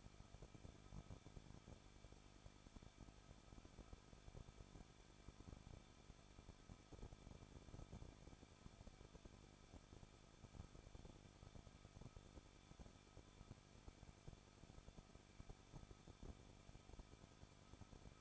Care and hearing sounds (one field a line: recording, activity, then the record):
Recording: daily activity, microphone in the room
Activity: no activity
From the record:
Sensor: 5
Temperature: 20.7 degrees Celsius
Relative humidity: 38.6%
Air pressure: 1006.5 hPa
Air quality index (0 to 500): 191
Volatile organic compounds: 20 ppm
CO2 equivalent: 2701 ppm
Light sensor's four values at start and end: 2/3/1/1 and 2/3/1/1